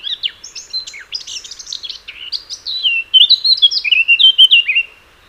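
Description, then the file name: Eurasian blackcap delivers a hurried scratchy warble followed by a strong, clear, flute-like whistled ending. "Sylvia atricapilla"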